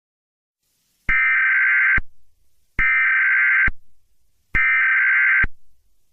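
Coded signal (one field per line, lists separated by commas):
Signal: Emergency Alert System (SAME) tones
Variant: header bursts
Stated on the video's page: Fictional SCP 939 EAS scenario, not a real alert.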